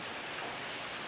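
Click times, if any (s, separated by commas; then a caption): none. The adjustable stock lock on a Sig Cross bolt-action rifle in .308 is being handled after the stock or cheek rest has been set to the shooter's position behind the scope. Only a steady, broadband hiss is heard for about 1.2 seconds, with no distinct transients. The lock has not clicked or seated yet.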